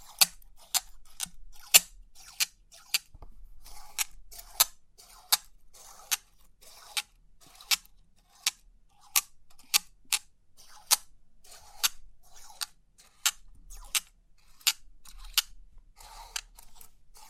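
Crisp pin art tingles: a run of sharp, bright clicks and snaps, each pin contact a quick tick that cuts off fast. They come every half second or so, fairly even but not metronomic, with softer rustling and light scratching in between and a faint low rumble underneath.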